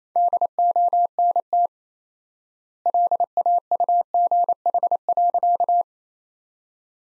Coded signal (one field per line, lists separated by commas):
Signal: Morse code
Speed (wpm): 28 wpm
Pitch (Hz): 700 Hz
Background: none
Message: DONT LAUGH.